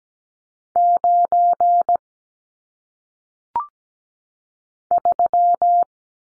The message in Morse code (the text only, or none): 9 3